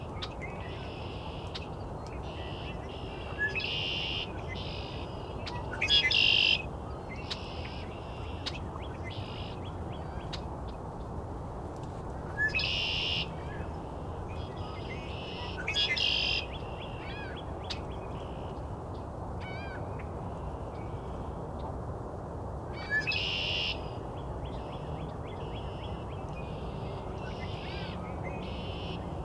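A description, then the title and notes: Red-winged Blackbirds and other birds sing over a steady low rumble. Short bright bursts of song come every few seconds, loudest around 6, 13, 16 and 23 seconds, with thin chirps and trills scattered between them. Today we visit Cootes Paradise in mid-March, and hear Red-winged Blackbirds, in addition to a number of other species. Recorded, engineered, narrated and created by the host.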